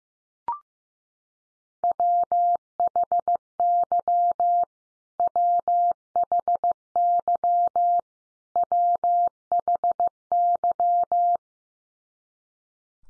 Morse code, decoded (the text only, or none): WHY WHY WHY